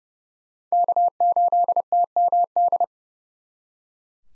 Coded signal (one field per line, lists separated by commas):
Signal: Morse code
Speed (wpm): 38 wpm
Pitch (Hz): 700 Hz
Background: none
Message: K8TMD